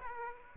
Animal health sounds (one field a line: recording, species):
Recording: mosquito wingbeat signal from an infrared sensor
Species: Aedes aegypti